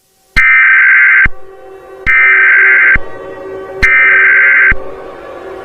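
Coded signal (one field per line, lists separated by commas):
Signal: Emergency Alert System (SAME) tones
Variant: header bursts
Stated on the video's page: Fictional scenario.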